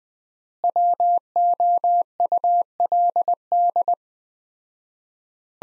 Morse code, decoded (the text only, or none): WOULD